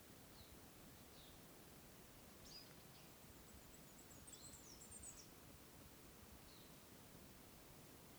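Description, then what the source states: Birds giving thin, high, sweeping calls in short bursts around the middle, with a few faint chips before and after, over steady soft hiss. Wild birds calling in the bird forest at Oneyama.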